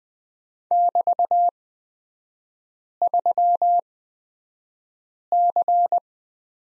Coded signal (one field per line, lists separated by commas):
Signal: Morse code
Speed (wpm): 20 wpm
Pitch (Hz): 700 Hz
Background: none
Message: <BT>3C